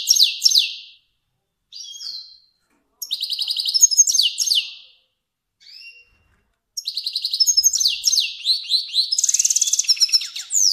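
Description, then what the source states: Finch song in several bursts of high buzzy trills and falling slurs, with short pauses and a few soft single notes between them. Kermani finch.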